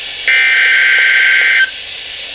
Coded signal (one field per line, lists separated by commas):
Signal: Emergency Alert System (SAME) tones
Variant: header bursts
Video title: Snow Squall Warning #2 - 02/18/22 (EAS #2,452)